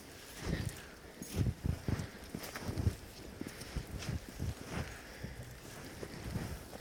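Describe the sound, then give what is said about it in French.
Water drips from melting ice in a quick, irregular patter of soft knocking taps, some louder than others, over a faint steady hiss of wind. It is afternoon on a fairly warm day, and the ice overhead is slowly melting. No voices are heard. “Là, on entend l'eau qui goutte parce qu'on est l'après-midi.”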